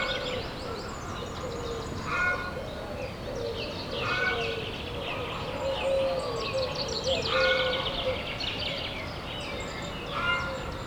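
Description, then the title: Chickens clucking, several louder harmonic calls standing out over constant flock chatter and steady background noise. Henhouse of the Abbaye Sainte-Marie du Désert abbey, Bellegarde-Sainte-Marie, France; recorded with a Zoom H6 using an MS microphone. "Bellegarde-Sainte-Marie, France - the henhouse of the abbey. abbaye sainte marie du désert le poulailler"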